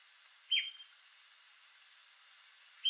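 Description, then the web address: White-crested spadebill call: one sharp, high, squeaky note that falls slightly, then quiet with a soft hiss before the next note begins. "White crested spadebill. دانلود-صدای-پرنده-بیلچه-نوک-کاکل-سفید"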